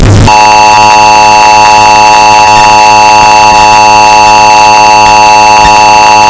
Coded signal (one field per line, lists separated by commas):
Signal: Emergency Alert System (SAME) tones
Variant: 853 and 960 Hz attention tone